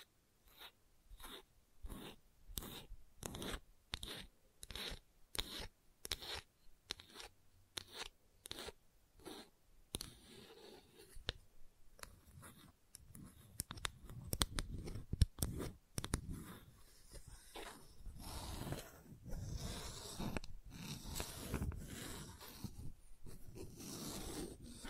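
Gentle scratching, starting as separate crisp strokes at a steady pace of about two per second. Around ten seconds in, the strokes run together into a denser, louder, uneven rasp with a low rumble beneath, continuing to the end.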